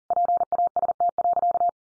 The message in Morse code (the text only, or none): PAST.